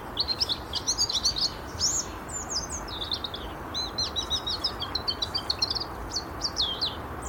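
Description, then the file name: European robin giving rapid, high-pitched warbled phrases of tinkling notes and short trills, with steady low background hiss. "Erithacus rubecula"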